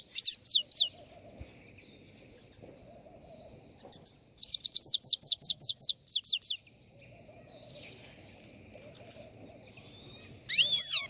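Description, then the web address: Chegolín singing in bursts of high, quick chirps, with a longer fast trill in the middle and scattered single notes over quiet background. Morning song, recorded on the roof of a house. "el canto matutino del chegolin en el tejado de casa"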